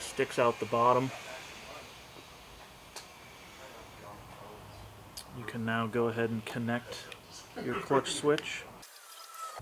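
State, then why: Not seated. Someone talks while handling the clutch switch electrical connector on a new 12-inch handlebar on a 2024 Road Glide, getting it ready to plug into its mating harness plug. Low background noise fills the pauses between speech. The connector has not clicked or seated yet by the end of the clip.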